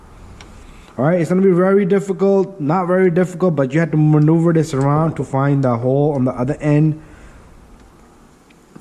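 Someone talks while maneuvering a repaired broken suspension/drive part on an XMAXX 8S RC truck, moving it around to line it up with the mounting hole on the other end. Only faint handling taps are heard, and the part has not yet snapped into its mount.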